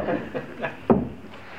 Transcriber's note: laughter